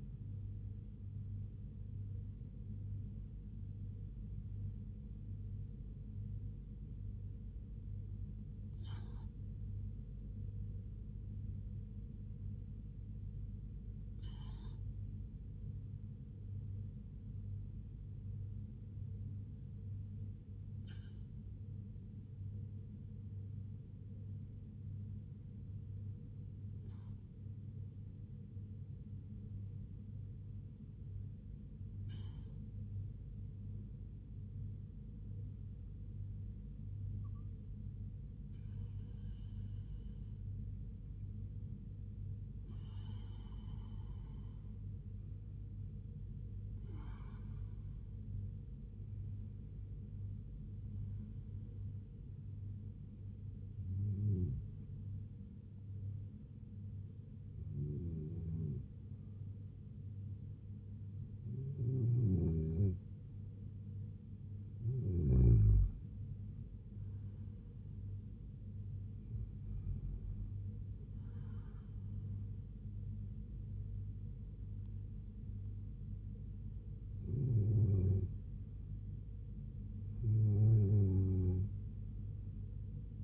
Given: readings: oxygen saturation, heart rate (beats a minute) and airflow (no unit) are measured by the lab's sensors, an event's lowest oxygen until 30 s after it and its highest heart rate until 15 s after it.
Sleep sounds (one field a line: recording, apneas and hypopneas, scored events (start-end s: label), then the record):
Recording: breathing in sleep by a smartphone at the bedside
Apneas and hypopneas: none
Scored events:
45.00-83.24 s: new sleep stage, N2 (light sleep)
From the record:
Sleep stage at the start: N1 (lightest sleep)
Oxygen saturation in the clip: 87 to 96%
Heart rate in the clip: 65 to 76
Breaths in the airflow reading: 19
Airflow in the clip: -2.8 to 3.5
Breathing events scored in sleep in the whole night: 158 in 7.3 hours asleep